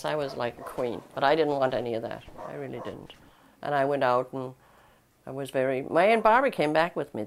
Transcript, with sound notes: I was like a queen, but I didn't want any of that. I really didn't. [Dog barking] And I went out and I was very — my Aunt Barbara came back with me then.